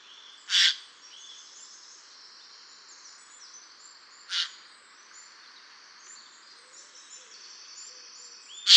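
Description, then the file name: Eurasian jay giving short, harsh, noisy calls spaced several seconds apart, the last cut off, over faint high-pitched chirping of other birds. "Garrulus glandarius"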